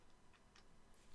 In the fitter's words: so push it right down so it locks into place and you